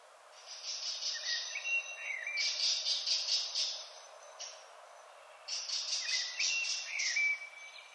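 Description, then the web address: Redwing song in two bursts of rapid high chattering with thin whistled slurs beneath, separated by a short pause, over light background hiss. "HGW birds \ \aves Rodvingetrast"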